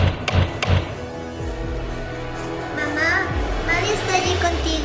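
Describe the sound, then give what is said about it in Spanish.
Three quick, heavy knocks of a daughter's fist on a door in a tight rhythm, followed by a murmur of children's voices and faint chatter continuing in the background. “El puño de su hija golpeó la puerta.”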